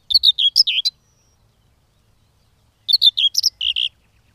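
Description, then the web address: Common whitethroat with two brief, scratchy, jerky song phrases of several notes each, a couple of seconds apart, otherwise quiet. "agykontroll Madardalok Cd 2. Mezei poszáta"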